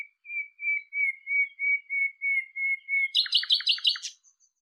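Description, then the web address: Bird call: a series of even whistled notes, about three per second, ending in a quick burst of buzzy chirps. "cianscape birddata Deverinetal 2025 Bird Lu Me Lu Me"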